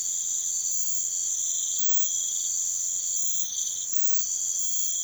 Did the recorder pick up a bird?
no